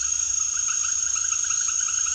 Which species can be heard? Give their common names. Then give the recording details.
none. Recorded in secondary vegetation near Puerto Asís, Putumayo, Colombia, on 18 February 2024 at 18:30. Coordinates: 0.500, -76.326. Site G6428